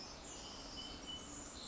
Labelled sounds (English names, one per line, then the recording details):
Pacific Wren
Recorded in Sonoma County, California